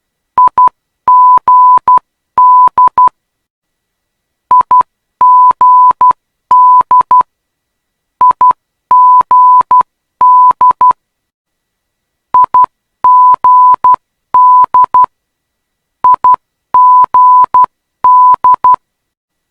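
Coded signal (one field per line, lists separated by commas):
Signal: Morse code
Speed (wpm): 12 wpm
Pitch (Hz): 1000 Hz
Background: none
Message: IGD IGD IGD IGD IGD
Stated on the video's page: Morse ident of the Perth ILS/localizer for runway 21, an aviation navigation aid.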